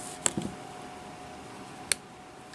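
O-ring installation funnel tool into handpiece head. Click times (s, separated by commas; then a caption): 0.3 s, 1.9 s. A small plastic funnel tool is set down inside a dental handpiece head to guide the O-ring into its groove. Sharp clicks are heard at 0.3 s and 1.9 s, with a few softer taps just after the first, over a steady faint hum. The tool seats in the head.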